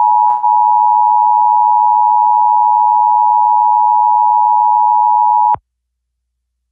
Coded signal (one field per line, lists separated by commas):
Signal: Emergency Alert System (SAME) tones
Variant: 853 and 960 Hz attention tone